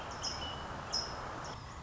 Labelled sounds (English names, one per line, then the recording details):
American Robin
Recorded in Sonoma County, California